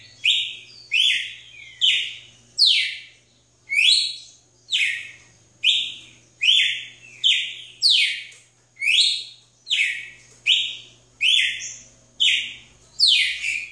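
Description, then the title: Red-cowled cardinal delivering a long, rhythmic sequence of loud whistled notes, each swooping in pitch, repeated a little faster than once per second, with a quiet background hum. "Galo de Campina"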